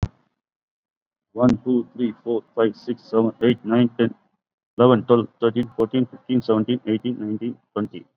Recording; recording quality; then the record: counting at a normal pace; excellent, no background noise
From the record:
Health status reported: COVID-19 positive, moderate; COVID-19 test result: positive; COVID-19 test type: RT-PCR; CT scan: not taken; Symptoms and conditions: cough, cold, fever, fatigue, muscle pain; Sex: male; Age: 41 years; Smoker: no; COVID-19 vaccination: one dose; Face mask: worn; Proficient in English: yes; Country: India